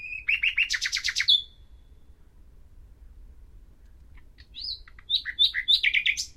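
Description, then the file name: Common nightingale song: a fast rattling series of notes, a silent gap, then varied whistled and chirping notes. "Luscinia megarhynchos"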